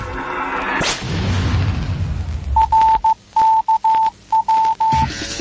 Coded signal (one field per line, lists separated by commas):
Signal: Morse code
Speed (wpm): 15 wpm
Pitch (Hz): 890 Hz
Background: none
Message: RKW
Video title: Radio and TV Aircheck Special (August 5, 2024)